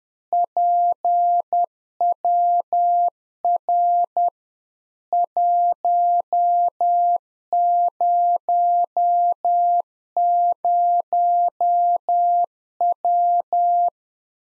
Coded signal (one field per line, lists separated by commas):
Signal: Morse code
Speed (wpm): 10 wpm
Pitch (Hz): 700 Hz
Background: none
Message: PWR 100W